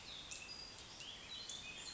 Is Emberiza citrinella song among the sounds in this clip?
no